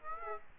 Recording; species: mosquito wingbeat signal from an infrared sensor; Aedes aegypti